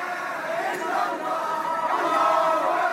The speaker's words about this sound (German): Am Flughafen wurde er von jubelnden Anhängern empfangen